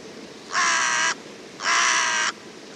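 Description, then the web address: Bird: two long, raspy caws from a bird, about a second apart, with faint background hiss in the gaps. "cianscape. Deverinetal 2025. Bird Only"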